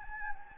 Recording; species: mosquito wingbeat signal from an infrared sensor; Anopheles gambiae